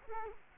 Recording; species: mosquito wingbeat signal from an infrared sensor; Culex quinquefasciatus